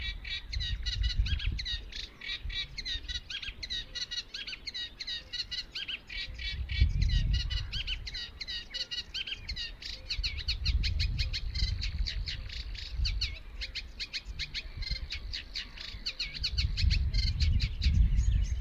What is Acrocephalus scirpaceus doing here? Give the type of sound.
song